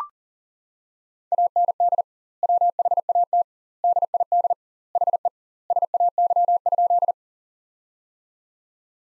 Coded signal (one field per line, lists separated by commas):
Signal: Morse code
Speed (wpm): 40 wpm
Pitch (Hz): 700 Hz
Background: none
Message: AND WHAT DID HE SAY?